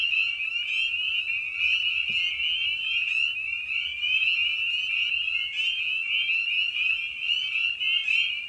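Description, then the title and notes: Spring peepers chorusing, shrill rising notes repeated by many frogs at once, producing an unbroken high ringing with scattered louder peeps. Evening at a frog pond; tiny amphibian known for its distinctive song. "Episode 5: Night of the Peepers. we return to the frog pond for a meditative evening. Species in Focus: Spring Peeper (Pseudacris crucifer). Ian Carlsen"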